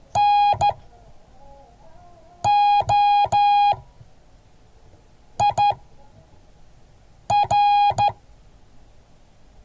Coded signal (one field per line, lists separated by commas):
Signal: Morse code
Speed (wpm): 13 wpm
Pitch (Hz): 820 Hz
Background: none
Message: NOIR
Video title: Morse code class 2023-01-11